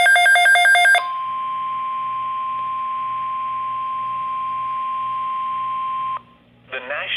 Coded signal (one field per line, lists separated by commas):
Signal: Emergency Alert System (SAME) tones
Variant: 1050 Hz attention tone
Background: speech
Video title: Svr Tstorm Watch 418 [EAS 014]